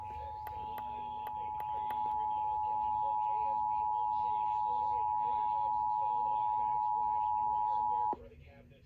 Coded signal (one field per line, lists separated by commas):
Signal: Emergency Alert System (SAME) tones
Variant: 853 and 960 Hz attention tone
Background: speech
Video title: Lowkenuinely forgotten RMT from this month (EAS 464-466)